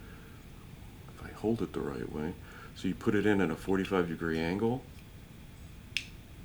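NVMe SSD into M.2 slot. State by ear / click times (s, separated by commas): seated / 6.0 s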